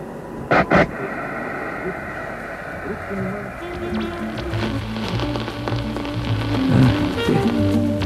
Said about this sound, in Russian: Сейчас я музыку включу для уюта. Мне мои прибористы такую приставку к приемнику соорудили. Днем на коротких волнах любая музыка.